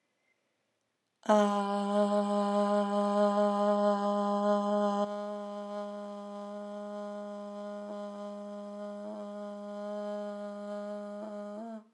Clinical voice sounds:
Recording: vowel held as long as possible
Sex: female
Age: 30 to 39 years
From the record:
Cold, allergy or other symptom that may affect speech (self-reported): no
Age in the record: 36 years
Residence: California, United States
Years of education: 20

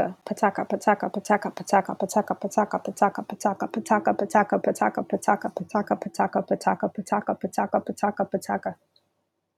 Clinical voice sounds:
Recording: repeated syllables /pa ta ka/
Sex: female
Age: 30 to 39 years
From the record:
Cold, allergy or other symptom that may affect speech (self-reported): no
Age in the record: 34 years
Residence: Georgia, United States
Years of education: 16

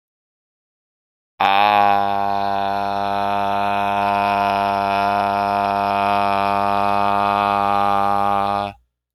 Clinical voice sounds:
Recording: vowel held as long as possible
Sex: male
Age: 30 to 39 years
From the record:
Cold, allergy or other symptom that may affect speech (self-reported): no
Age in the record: 34 years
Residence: Virginia, United States

